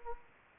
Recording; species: mosquito wingbeat signal from an infrared sensor; Anopheles gambiae